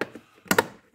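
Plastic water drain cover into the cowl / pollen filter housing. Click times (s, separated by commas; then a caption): 0.5 s, 0.6 s. On an Audi A4 B6, the plastic water drain cover over the cowl's pollen (cabin) filter housing is pushed down and clipped into place. After a faint tap at the start, two sharp plastic clicks land at 0.5 s and 0.6 s, and the cover is seated.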